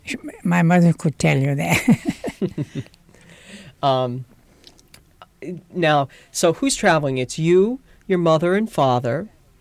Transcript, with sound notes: My mother could tell you that. ( they laugh )
Now, so who's traveling? It's you, your mother and father,